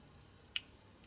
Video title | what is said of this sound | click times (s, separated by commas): BEAUTY AND MAKEUP HAUL PART 2 - FENTY REVIEW | do you hear that it snaps closed I like that I like knowing that stuff is closed | 0.6 s